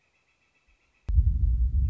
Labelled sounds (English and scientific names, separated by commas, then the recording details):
Northern Flicker (Colaptes auratus)
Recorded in Sonoma County, California